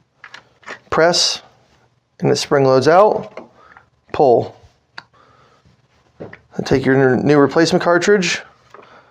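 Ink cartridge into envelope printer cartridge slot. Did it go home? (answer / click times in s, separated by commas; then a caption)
no / none. Someone talks while handling ink cartridges in an envelope printer's cartridge slot: the old cartridge is pressed and spring-loads out, then pulled, and a new replacement ink cartridge is taken up. Brief clicks and taps come at about 0.2, 0.3, 5.0 and 8.7 seconds between the speech. The new cartridge has not yet been pushed home, so nothing has seated or clicked yet.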